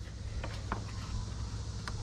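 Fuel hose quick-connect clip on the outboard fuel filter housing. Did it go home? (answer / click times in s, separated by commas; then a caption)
yes / 0.7 s. The red locking clip on a fuel hose quick-connect at the fuel filter housing of a Mercury 4 Stroke Pro XS outboard motor is pushed back into place during a fuel filter replacement. It clicks in sharply at 0.7 s, seating the clip for a good seal, with fainter ticks around 0.4 s and 1.9 s over a steady low hum.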